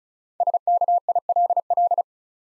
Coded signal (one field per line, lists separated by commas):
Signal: Morse code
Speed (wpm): 36 wpm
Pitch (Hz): 700 Hz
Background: none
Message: SKILL